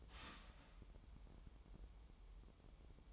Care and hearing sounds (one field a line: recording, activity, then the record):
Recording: daily activity, microphone in the room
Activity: start toaster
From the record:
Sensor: 1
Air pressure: 988.6 hPa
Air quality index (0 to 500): 196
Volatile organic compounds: 933 ppm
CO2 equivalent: 5232 ppm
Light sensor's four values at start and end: 25/95/36/37 and 25/95/36/37